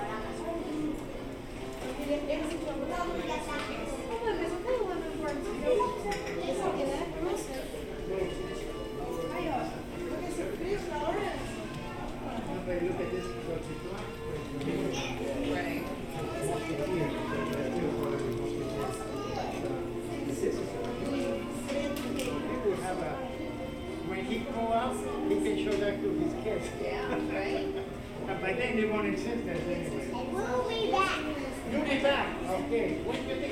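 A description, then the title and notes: Busy hotel lobby ambience with a steady murmur of many overlapping voices throughout. Snatches of nearer conversation rise and fall, with scattered footsteps and small clicks and knocks over a constant low hum. Port Orleans Riverside Binaural Hotel Lobby Ambience. The lobby.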